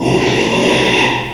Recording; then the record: squeal of a Yucatan mini pig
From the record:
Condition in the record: after surgery on the right vocal fold (resection and tissue-engineered implant); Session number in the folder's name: 1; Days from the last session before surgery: 6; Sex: male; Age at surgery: 12 weeks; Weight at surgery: 13 kg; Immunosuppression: cyclosporine, prednisolone